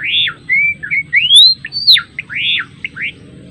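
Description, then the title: Java sparrow song: a quick run of arched, downslurred notes and rising whistles, with short clipped chips in between, over a faint low hum. Adult male in active, vigorous song. "Gelatik Belong Gacor Jantan Dewasa"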